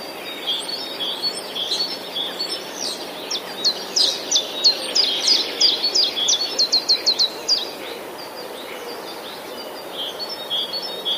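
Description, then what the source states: Common chiffchaff: rapid runs of high, falling chiffchaff notes in the middle, among softer twittering from other small birds and constant outdoor background hiss. Recorded 11 April 2019, alongside other passerine birds.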